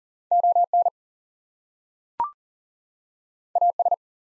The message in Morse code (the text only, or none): ON AS